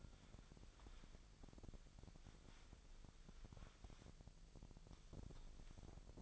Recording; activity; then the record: daily activity, microphone in the room; wipe stove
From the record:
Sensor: 5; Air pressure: 1001.1 hPa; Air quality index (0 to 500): 247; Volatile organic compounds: 34 ppm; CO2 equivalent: 3050 ppm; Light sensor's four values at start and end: 30/69/28/27 and 31/70/29/27